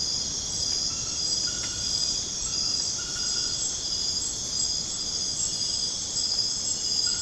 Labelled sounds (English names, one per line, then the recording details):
none
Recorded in dense forest near Puerto Asís, Putumayo, Colombia, on 30 June 2025 at 20:00
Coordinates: 0.486, -76.317
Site G065